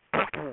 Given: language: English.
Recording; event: throat vibration sensor signal played as sound; throat clearing